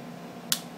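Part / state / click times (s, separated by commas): toy body piece into its locking position / seated / 0.5 s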